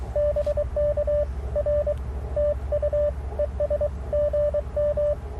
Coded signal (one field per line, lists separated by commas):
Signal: Morse code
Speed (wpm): 21 wpm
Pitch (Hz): 590 Hz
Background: radio noise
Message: BK R TU ES GM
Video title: Morning Morse Code at Tuskegee National Forest K-4451 - 11/17/23